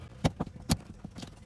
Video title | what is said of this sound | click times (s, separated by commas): Dodge Dakota Fuel Pump Replacement (2001-2004) | there you go clicked into place | 0.7 s